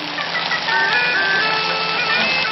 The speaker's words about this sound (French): Que les trompettes sonnent l'attaque, et aussitôt après la fin des combats, car nous verrons à la première sonnerie les Anglais rampés de peur et se rendre.